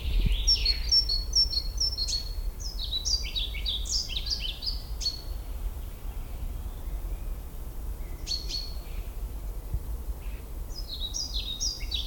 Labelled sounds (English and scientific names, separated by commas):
Common Chaffinch (Fringilla coelebs) song